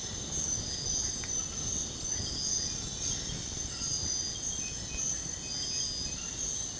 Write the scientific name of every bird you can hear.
none